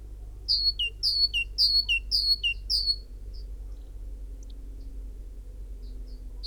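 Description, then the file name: Great tit song: five ringing high-low phrases in quick succession, then a few faint scattered notes over a steady low background hum. "Parus major"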